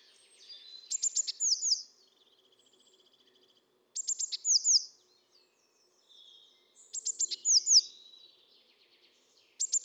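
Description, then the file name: Eurasian blue tit calls: high, thin notes with quick descending slurs in bursts about every three seconds, with soft twittering between bursts. "Cyanistes caeruleus"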